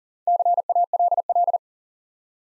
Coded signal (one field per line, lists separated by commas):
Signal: Morse code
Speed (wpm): 40 wpm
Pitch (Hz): 700 Hz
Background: none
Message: CALL